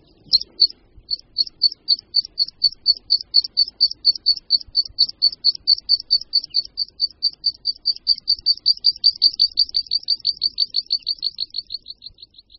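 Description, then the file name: Meadow pipit song: high thin notes that speed up into a rapid trill, then fade and fall slightly in pitch toward the end. "Linduška luční"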